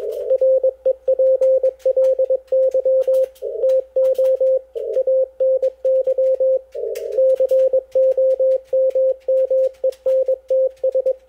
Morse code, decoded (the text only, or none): REPLY TO ANY COMMENTS